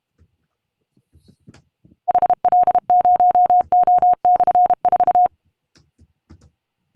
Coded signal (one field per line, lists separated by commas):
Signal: Morse code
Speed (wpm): 31 wpm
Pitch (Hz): 720 Hz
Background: none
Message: HL0O/4